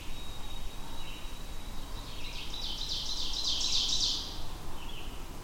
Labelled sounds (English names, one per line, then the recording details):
Ovenbird song
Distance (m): 40 m
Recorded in boreal forest in Alberta, Canada, on 21 June 2016 at 05:35
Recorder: SongMeter 3, array SBT-6-76
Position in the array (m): 281 m, 100 m
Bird 1